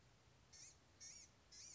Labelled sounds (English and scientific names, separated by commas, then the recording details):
Blue-gray Gnatcatcher (Polioptila caerulea)
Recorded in Sonoma County, California